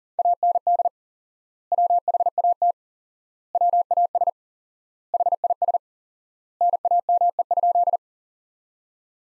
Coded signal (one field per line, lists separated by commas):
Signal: Morse code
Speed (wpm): 40 wpm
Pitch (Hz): 700 Hz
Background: none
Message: AND WHAT WAS HIS NAME?